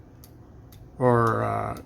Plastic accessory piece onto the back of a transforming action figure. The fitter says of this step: now this piece doesn't clip in